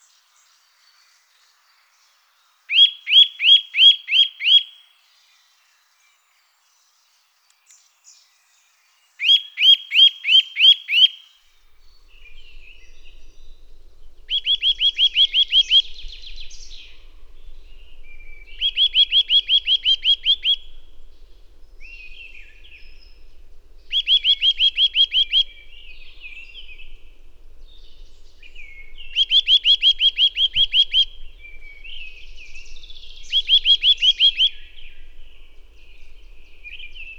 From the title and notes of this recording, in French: La douceur actuelle qui règne dans notre pays réveille quelques oiseaux chanteurs sédentaires. La Sittelle torche-pot (Sitta europaea) discrète jusqu'alors commence à ce faire entendre. Cris de contact puis chant se succèdent sur cette séquence.